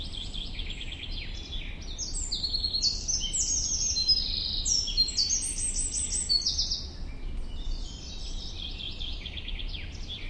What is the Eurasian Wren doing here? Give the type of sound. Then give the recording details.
song. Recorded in the wild. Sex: male. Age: adult. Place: Bogensee, Barnim, Brandenburg, DE. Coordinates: 52.7714, 13.5294. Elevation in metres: 60. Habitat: deciduous forest. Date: 2003-06-11. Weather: 20°C, cloudy, almost windless. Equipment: Tascam DA-P1, Sennheiser MKH 70. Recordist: Frommolt, Karl-Heinz. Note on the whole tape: Erlenbestand am Forstamt Lanke am Bogensee: Gesang eines Zaunkönigs. Entfernung ca. 50 m